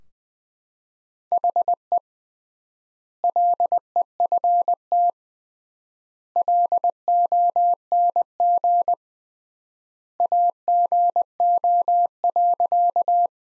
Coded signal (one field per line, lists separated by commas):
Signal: Morse code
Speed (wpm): 21 wpm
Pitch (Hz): 700 Hz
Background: none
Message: HE LEFT LONG AGO.